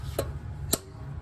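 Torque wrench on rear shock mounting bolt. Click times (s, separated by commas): 0.7 s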